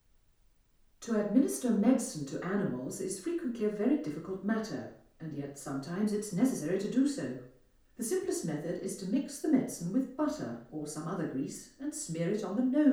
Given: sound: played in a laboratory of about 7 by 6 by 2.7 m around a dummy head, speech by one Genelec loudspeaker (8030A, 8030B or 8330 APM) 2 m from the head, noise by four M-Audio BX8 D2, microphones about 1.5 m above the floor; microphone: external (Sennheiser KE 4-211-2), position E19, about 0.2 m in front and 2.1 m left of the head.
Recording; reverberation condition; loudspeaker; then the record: female speech in English; medium; 150 degrees to the right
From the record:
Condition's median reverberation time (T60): about 510 ms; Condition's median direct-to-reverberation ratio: about -0.5 dB